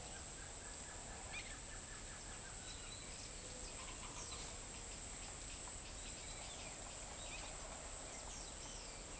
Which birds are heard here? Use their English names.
none